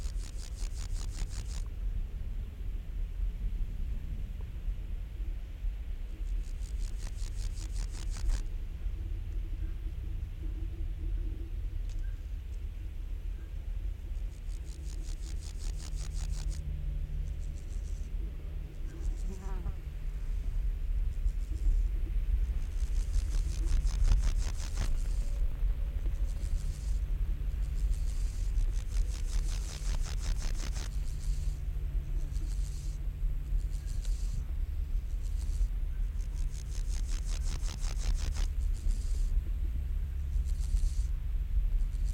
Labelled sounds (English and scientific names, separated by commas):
Water-meadow Grasshopper (Chorthippus montanus) stridulation